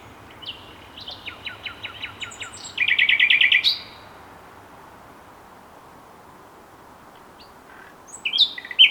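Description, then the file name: Common nightingale song: spaced clicking notes speeding up into a loud rattling trill, silence, then a short chirping phrase at the end. "Luscinia megarhynchos"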